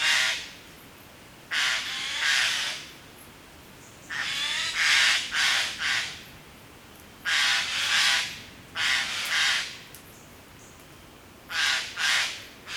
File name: Garrulus glandarius